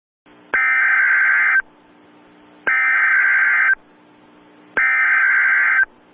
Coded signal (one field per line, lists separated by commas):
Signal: Emergency Alert System (SAME) tones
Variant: header bursts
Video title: EAS MOCK - The Wildcard of Nature